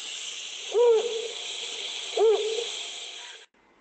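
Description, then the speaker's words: Cape Eagle Owl giving two deep hoots about one and a half seconds apart against a steady background hiss. Mostly two notes, one up and one lower, sometimes three syllables; normally calls at night in duets. "So you can actually hear this is the call of the Cape Eagle Owl."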